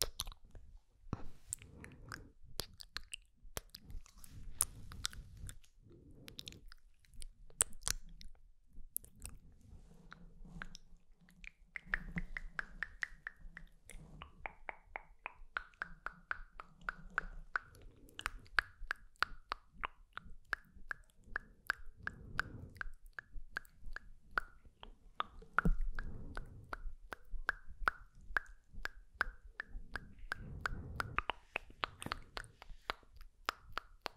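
Mouth sounds made while applying lip gloss: a steady run of wet clicks, smacks and quick tk-tk taps, dense and uneven throughout. Soft sk-sk hisses and short humming or murmured tones drift in between, especially around the middle and near the end.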